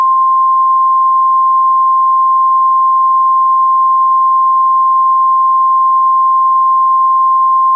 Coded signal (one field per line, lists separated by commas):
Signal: Emergency Alert System (SAME) tones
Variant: 853 and 960 Hz attention tone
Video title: EAS Mock Scenario: Judas